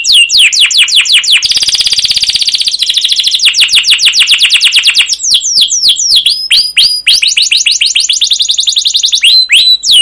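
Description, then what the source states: Canary song with dense rattling trills shifting speed and pitch, followed by repeated falling chirps and quick rolled phrases, continuous throughout. Masteran training recording: long, rolling (ngerol), chattering "cuit cuit" canary song in gacor style, used as a lure to stimulate other canaries to sing.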